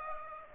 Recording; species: mosquito wingbeat signal from an infrared sensor; Aedes aegypti